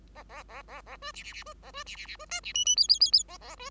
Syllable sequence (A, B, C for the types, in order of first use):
A A A A A B C C C B A B C C C B D C E E F F F F A A B